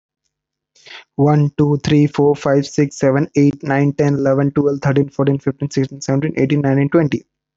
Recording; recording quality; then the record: counting at a fast pace; excellent, no background noise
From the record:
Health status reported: healthy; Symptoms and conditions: none ticked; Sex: male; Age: 25 years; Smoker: not ticked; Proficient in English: yes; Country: India